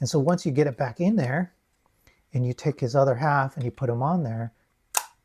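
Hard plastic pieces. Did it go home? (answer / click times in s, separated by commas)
yes / 5.0 s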